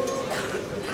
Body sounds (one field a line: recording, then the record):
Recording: coughing mixed with background sound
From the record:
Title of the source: 34 coughing up crap again